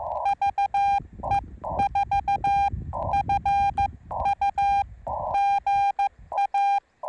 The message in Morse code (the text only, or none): VE4FU GA